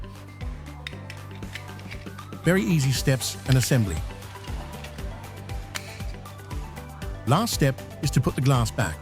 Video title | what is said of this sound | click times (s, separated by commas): You're Choosing Safety, Not Just Switches! Comparison Of Internal Structures Of Smart Switches | The black case fits in the plate by the click sound. | 0.9 s